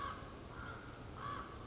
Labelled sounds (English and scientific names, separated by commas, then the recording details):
Common Raven (Corvus corax)
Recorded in Sonoma County, California